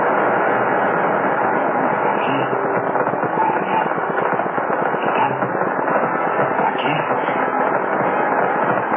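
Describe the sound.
Harsh, crackling radio static hisses and pops steadily throughout, thin and band-limited, with a brief voice barely breaking through the noise.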